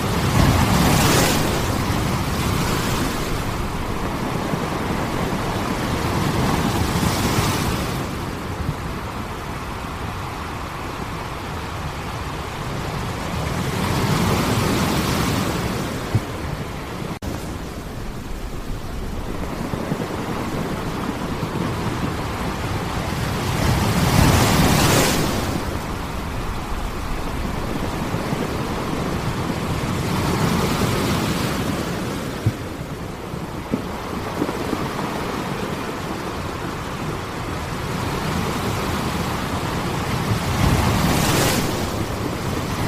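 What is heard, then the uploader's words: Waves wash in at a slow, regular pace, each surge swelling into a full rushing hiss roughly every eight seconds before easing back. Between breakers a steady low roar of surf continues, sounding moderately distant, with no other sounds standing out. The gentle ebb and flow of the waves. The rhythmic sound of waves in the distance. The gentle lapping of the ocean against the shore creates a peaceful ambiance.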